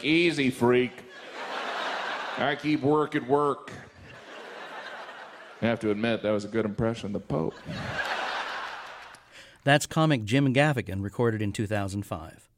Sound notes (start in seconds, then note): 1.0 laughter; 3.8 laughter; 7.3 laughter